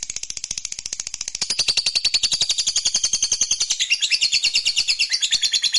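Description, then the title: Lovebird ngekek, a continuous rapid trill of piercing high pulses that grows louder after about a second and a half and keeps going to the end. Fighter-type lovebird; title names ngekek panjang (long ngekek). "Begitu Dengar Suara Lovebird FIGHTER NGEKEK PANJANG"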